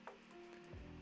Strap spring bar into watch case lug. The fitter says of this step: the other way, and you just click it in, and make sure you hear that click, because you really want to make sure that it's clicked through,